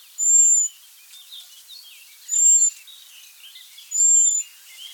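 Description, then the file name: European robin calls: three drawn-out, piercing high whistles, evenly spaced about two seconds apart, over faint, softer chirping. "Erithacus rubecula"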